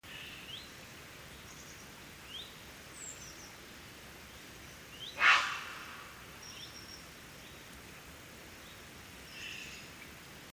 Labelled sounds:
Grey Heron (Ardea cinerea) flight call
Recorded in the wild
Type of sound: flight call
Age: adult
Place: Niederspree, Niederspreer Teichgebiet, Sachsen, DE
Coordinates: 51.4067, 14.8819
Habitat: pond
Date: 2008-07-31
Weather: heiter, 20°C, windstill
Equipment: Fostex FR2-LE, 2 Sennheiser ME64, Rycote-Windschutz
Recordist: Frommolt, Karl-Heinz
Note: Am Waldteich: ein Flugruf eines Graureihers

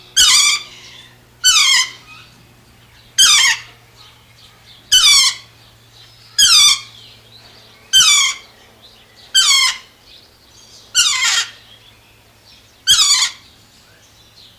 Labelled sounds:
Lord Derby's Parakeet (Psittacula derbiana) call
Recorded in captivity
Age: adult
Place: Zoo Berlin, Berlin, DE
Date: 1999-08-23 15:27
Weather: wolkig, ca. 17-18°C
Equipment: Sony WM-D6C, Sennheiser ME 80, Kopie Uher 4000 Report Monitor
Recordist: Tembrock, Günter
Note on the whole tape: Einzeltier (am Gitter zum Nachbarkäfig auf Stange sitzend): lange Rufreihe (Entfernung ca. 1 m)

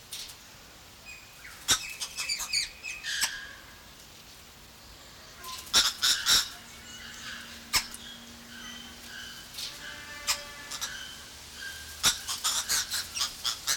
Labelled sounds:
Green Woodhoopoe (Phoeniculus purpureus) call
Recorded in captivity
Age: adult
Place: Zoo Berlin, Berlin, DE
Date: 1993-08-28
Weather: 12-15°C, heiter
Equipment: Marantz CP 430, Sennheiser MKH 416 T, Kopie Uher Variocord 263
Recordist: Tembrock, Günter

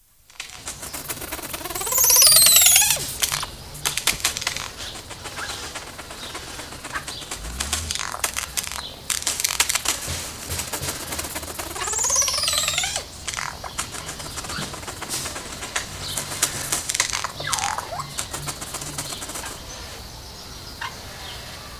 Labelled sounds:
Crested Oropendola (Psarocolius decumanus)
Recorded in captivity
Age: adult
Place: Zoo Berlin, Berlin, DE
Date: 2000-08-29 10:48
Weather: fair, 21°C
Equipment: Nagra SN, Kopie Uher 4000 Report Monitor
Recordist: Tembrock, Günter

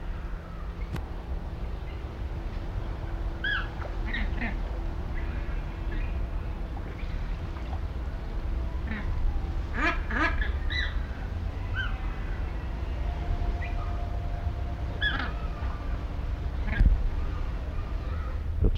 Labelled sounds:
Puna Ibis (Plegadis ridgwayi), James's Flamingo (Phoenicoparrus jamesi), Andean Flamingo (Phoenicoparrus andinus)
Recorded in captivity
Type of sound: call, rattle call
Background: Phoenicoparrus jamesi, Phoenicoparrus andinus
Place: Zoo Berlin, Berlin, DE
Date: 1994-08-27 12:34
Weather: heiter, 15-20°C
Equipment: Marantz CP 430, Sennheiser ME 80, Kopie Uher Variocord 263
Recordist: Tembrock, Günter
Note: Kurzlaute - Entfernung 10 m

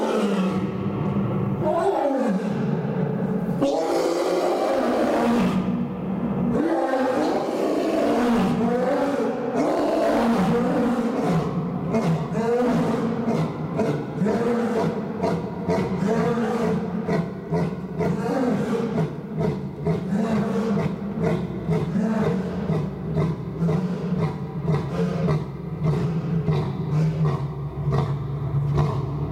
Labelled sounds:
Leopard (Panthera pardus) call
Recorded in captivity
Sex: male
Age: adult
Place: Zoo Halle, Sachsen-Anhalt, DE
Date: 1997-03-22 16:37
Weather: Schnee bis Regen, um 0°C
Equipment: Sony MD-WM MZ-R3, Sennheiser MKH 416 T, Kopie Uher 4000 Report Monitor
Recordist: Tembrock, Günter
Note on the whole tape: Persischer Leopard (P.p.delacouri): Männchen mit Rufreihe und Einzellauten

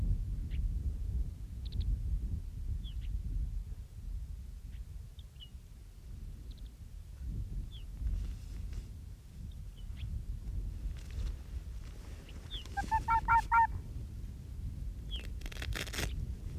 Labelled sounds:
Arctic Fox (Vulpes lagopus)
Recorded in the wild
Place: Insel Mednyi, Kommandeur-Inseln, RU
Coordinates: 54.5167, 168.083
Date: 1999-07-09 20:15
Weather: bedeckt, 10°C, kein Nebel
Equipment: Sony WM-D6C, Sennheiser MKH 70, Windkorb, Kopie Sony TCD-D8
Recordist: Frommolt, Karl-Heinz

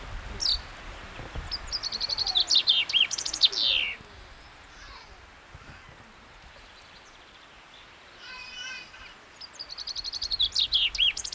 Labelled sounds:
Common Chaffinch (Fringilla coelebs) song
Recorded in the wild
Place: Oberstdorf, Bayern, DE
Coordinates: 47.4147, 10.2353
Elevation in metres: 871
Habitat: mountains
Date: 1985-04-02
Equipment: Uher 4000 Report, Sennheiser MKH 815 T
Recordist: Tretzel, Erwin

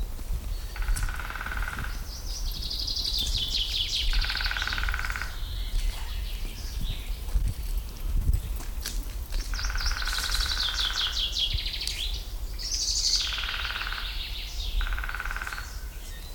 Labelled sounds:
Common Chaffinch (Fringilla coelebs)
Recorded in the wild
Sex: male
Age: adult
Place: Liepnitzsee, Brandenburg, DE
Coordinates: 52.75, 13.51
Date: 1995-05-06 19:50
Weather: heiter, 18°C
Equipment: Marantz CP 430, Sennheiser ME 80, Kopie Uher 4000 Report Monitor
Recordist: Tembrock, Günter

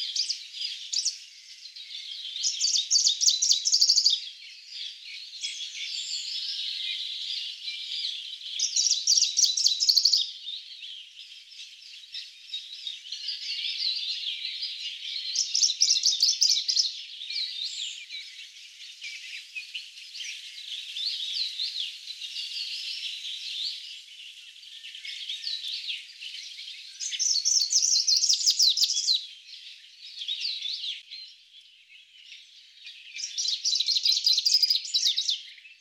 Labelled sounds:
Greenish Warbler (Phylloscopus trochiloides) song
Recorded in the wild
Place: Berezinsky, BY
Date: 2005-05-16
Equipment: Minidisc Sony MZ-R35, Telinga DAT, Telinga-Parabolspiegel
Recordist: Schwarz, Dieter

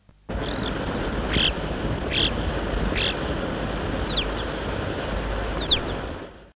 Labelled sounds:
Alpine Chough (Pyrrhocorax graculus) call
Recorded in the wild
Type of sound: call
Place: Schnalstal, Trentino-Südtirol, IT
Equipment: Halbspur, 9,5 cm/s
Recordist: Lütgens, Hans
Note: Rufe

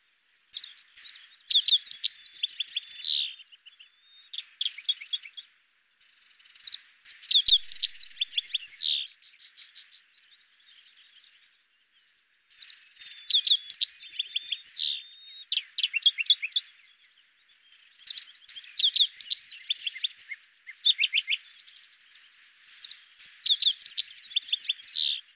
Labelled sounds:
Rock Bunting (Emberiza cia) song
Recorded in the wild
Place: Chimgan, UZ
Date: 2001-05-25
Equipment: MiniDisc Sharp MT 20 H
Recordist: Schwarz, Dieter
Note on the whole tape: Song

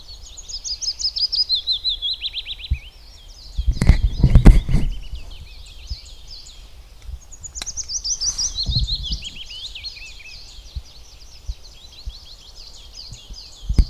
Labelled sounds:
Willow Warbler (Phylloscopus trochilus) song
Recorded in the wild
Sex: male
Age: adult
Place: Waldsieversdorf, Rotes Luch, Brandenburg, DE
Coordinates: 52.5411, 14.0472
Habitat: wood
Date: 1992-04-30
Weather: fair, 15°C
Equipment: Aiwa HD-S1, Sennheiser ME 80
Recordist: Frommolt, Karl-Heinz
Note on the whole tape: Bei Waldsieversdorf, Nähe Tiergarten: Gesang - 8 Strophen

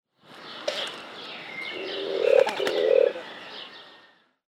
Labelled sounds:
European Turtle Dove (Streptopelia turtur)
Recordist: Tembrock, Günter
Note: Anfluglaut und Beugebalz

